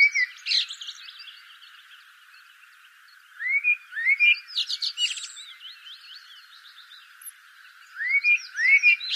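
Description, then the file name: Common blackbird song with rising slurred fluty notes and squeaky high trills, phrases coming a few seconds apart. "Turdus merula"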